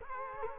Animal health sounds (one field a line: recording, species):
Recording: mosquito wingbeat signal from an infrared sensor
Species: Culex quinquefasciatus